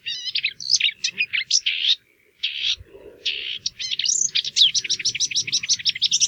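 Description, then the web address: Marsh warbler song, a fast, varied jumble of chirps and trills with a brief pause, ending in a rapid repeated chatter. "geluiden bosrietzanger"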